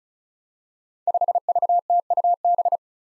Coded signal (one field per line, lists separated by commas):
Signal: Morse code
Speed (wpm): 36 wpm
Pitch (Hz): 700 Hz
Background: none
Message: 5VTUB